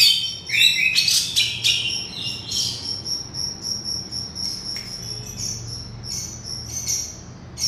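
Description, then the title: Oriental magpie-robin song: a burst of quick whistled chirps at first, then scattered short notes over a thin, steady high whine. Singing (kicau). "Kicau Kacer"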